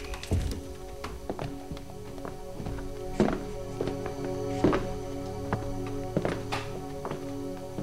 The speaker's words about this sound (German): Wir gehen rein. Aber leise. Man darf uns nicht hören. Gut. Los, Tür zu.